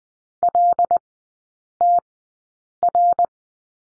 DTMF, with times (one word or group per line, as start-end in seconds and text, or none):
none